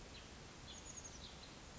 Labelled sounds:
Chestnut-backed Chickadee (Poecile rufescens)
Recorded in Sonoma County, California

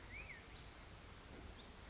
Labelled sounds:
Black-headed Grosbeak (Pheucticus melanocephalus)
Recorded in Sonoma County, California

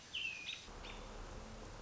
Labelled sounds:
American Robin (Turdus migratorius)
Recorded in Sonoma County, California

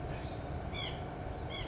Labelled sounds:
White-breasted Nuthatch (Sitta carolinensis)
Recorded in Sonoma County, California

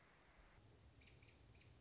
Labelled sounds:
American Robin (Turdus migratorius)
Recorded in Sonoma County, California

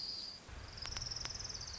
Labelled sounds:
Orange-crowned Warbler (Leiothlypis celata)
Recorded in Sonoma County, California

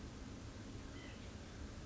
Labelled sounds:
White-breasted Nuthatch (Sitta carolinensis)
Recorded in Sonoma County, California

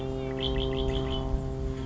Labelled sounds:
Red-winged Blackbird (Agelaius phoeniceus)
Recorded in Sonoma County, California

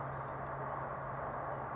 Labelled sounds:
California Towhee (Melozone crissalis)
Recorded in Sonoma County, California

